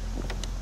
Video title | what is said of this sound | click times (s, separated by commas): Platinum Silver 2006 Jaguar XKR convertible Victory Edition with 20" Perseus wheels Sports car | and then just just snaps into place like | 0.3 s, 0.4 s